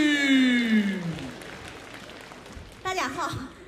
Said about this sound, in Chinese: 让我们用掌声有请